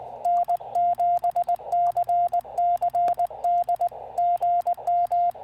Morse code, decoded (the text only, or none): N7CCD GM